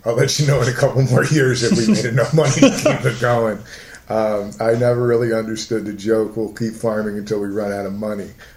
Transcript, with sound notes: I'll let you know in a couple more years if we've made enough money to keep it going. [Laughter] I never really understood the joke “We'll keep farming until we run out of money.”